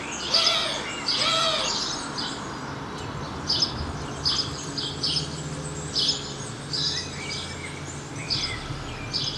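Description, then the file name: House sparrow chirps, short bright notes in loose clusters throughout, with a lower two-note phrase near the start. "Passer domesticus"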